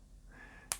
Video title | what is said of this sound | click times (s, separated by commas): Redmi Note 11 Pro (5G): How to insert the SIM card? Installation of the nano SIM cards (Tutorial) | just insert it well until you hear the click noise and this is how it should look like then | 0.7 s